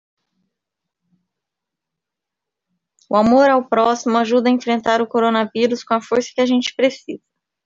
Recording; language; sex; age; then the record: spoken sentence; Brazilian Portuguese; female; 30 to 39 years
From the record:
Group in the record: control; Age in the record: 35 years